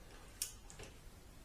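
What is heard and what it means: A torque wrench tightens the front axle clamp bolts on a Ducati Multistrada 1260S motorcycle, alternating sides until both are at spec. It gives a sharp, bright click at 0.4 s, and a fainter tick follows at 0.7 s. The wrench clicks at its setting, so the bolts are confirmed at torque.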